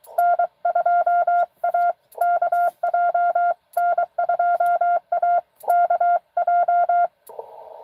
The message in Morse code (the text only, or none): N2AKJ N2AKJ